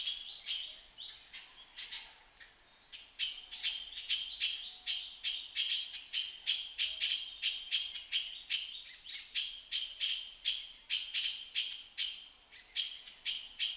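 Puff-throated bulbul: many harsh notes repeated rapidly in a long, steady run.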